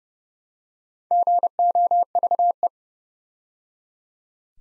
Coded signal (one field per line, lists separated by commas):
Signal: Morse code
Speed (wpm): 30 wpm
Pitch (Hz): 700 Hz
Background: none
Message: GOVE